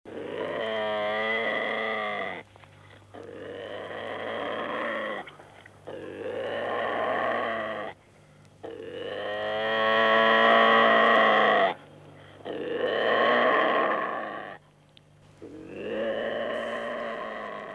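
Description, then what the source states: Eurasian lynx yowling: six long, harmonic, wavering moans of two to three seconds each, separated by short pauses. Males yowling in late-winter forest during the mating season, competing over the area's females and signalling other males to keep away.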